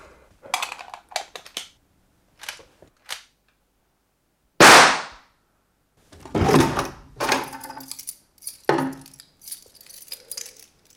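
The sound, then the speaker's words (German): Scattered clicks and knocks give way to one loud, sharp crack, then a stretch of rattling, scraping clatter as a locked door in a bank director's room is forced open, with no voices. “Vielleicht ist das hier drin, wenn eine Tür abgeschlossen ist. Dann hat das immer einen Grund. Und im Zimmer eines Bankdirektors ist das eine ganz besonders interessante Sache. Also werde ich sie öffnen.”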